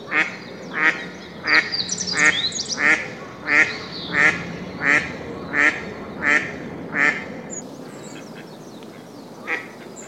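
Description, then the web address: Eastern spot-billed duck calling in a series of about ten coarse quacks, then a pause and one last quack; faint high bird chirps in the background. "birdenaga karugamo"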